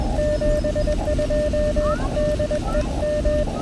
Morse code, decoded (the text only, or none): 72 DE M